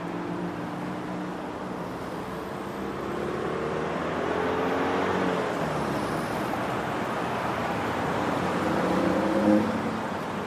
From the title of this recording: Sounds of the city , courtyard, bustle, traffic, fans, market